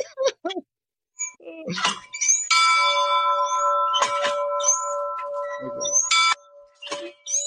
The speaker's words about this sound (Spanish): Igual coincido con el comentario de Inmodus Catholicus de le falta aceite a la campana.